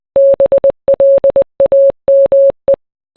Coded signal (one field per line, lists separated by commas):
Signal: Morse code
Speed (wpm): 20 wpm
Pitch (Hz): 550 Hz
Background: none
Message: BLAME